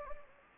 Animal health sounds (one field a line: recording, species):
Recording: mosquito wingbeat signal from an infrared sensor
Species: Anopheles gambiae